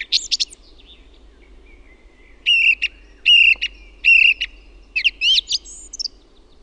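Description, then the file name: Song thrush song: loud sharp phrases, one phrase repeated three times in a row, then a different quick chirping phrase, over a faint low hum. "LAULURASTAS"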